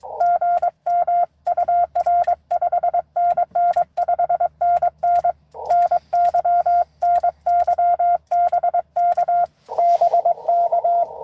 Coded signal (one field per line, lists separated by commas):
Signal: Morse code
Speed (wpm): 22 wpm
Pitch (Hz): 690 Hz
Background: none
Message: GM UR 5NN 5NN NY NY BK BK